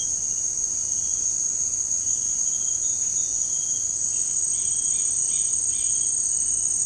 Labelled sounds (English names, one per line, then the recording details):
none
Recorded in secondary vegetation near Puerto Asís, Putumayo, Colombia, on 13 March 2025 at 17:30
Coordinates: 0.502, -76.326
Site G100